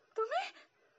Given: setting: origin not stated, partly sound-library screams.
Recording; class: one-second piece from a danger detection set; woman in danger